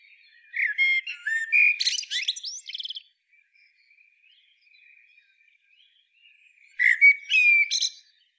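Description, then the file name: Eurasian blackbird, two song phrases: a fluty warble closing in a squeaky flourish, then a shorter phrase about four seconds later, with faint soft notes in between. "Turdus merula"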